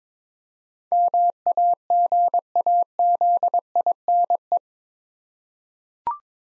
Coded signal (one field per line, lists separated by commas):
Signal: Morse code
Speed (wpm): 22 wpm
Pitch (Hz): 700 Hz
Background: none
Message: MAGAZINE